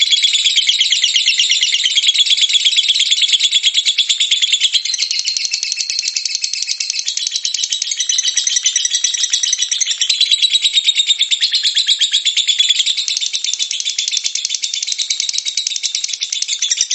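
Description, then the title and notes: Lovebird ngekek song: sustained shrill chatter of quick buzzy notes, unbroken for the whole stretch, with slight rises and dips in tone. Long ngekek song of a lovebird, used as a bait song (kicau pancingan) to prompt other lovebirds to sing. "suara Master Kicau Lovebird ngekek, kicau pancingan"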